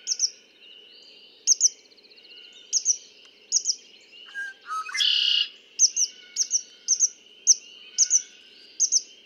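Red-winged blackbird song: one harsh, buzzy trill midway, with paired high chips repeating around it.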